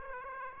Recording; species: mosquito wingbeat signal from an infrared sensor; Aedes aegypti